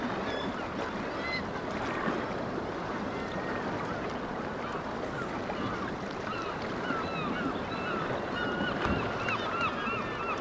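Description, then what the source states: Black-legged kittiwakes calling in a busy chorus, quick nasal arched notes, denser toward the end, over continuous background rush. Several kittiwakes recorded at Dunbar.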